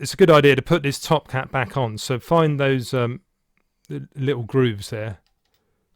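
Someone talks while lining up the metal top cap of an OBS Cheetah III rebuildable dripping atomizer with the little grooves on the deck, getting ready to twist it on. The clip ends before the cap goes home, so nothing has seated or clicked yet.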